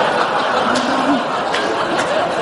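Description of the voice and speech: A brief, wordless vocal imitation of about two seconds by an adult woman, with soft muttering sounds and no recognisable words, over a faint room hum. It mimics how a colleague's voice on the phone sounded to her during a stroke: unintelligible, like a golden retriever, reflecting lost language understanding.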